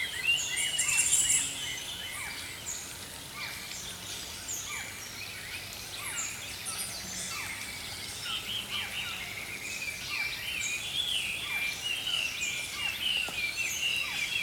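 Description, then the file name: Songbirds heard as a busy wash of high chirps and twitters, softer after a louder opening burst, with several birds calling at once over hiss. Early morning. "Healing Power Natural Sounds Oasis - Early Morning Songbirds"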